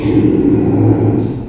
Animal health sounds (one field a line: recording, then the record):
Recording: squeal of a Yucatan mini pig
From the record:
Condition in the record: before surgery on the right vocal fold (resection and tissue-engineered implant)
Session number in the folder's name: 1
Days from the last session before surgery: -3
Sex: male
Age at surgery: 12 weeks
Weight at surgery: 13 kg